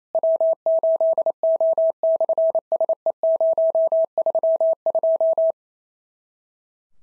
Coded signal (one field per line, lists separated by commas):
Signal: Morse code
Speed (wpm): 28 wpm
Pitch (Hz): 650 Hz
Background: none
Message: W8O/SE032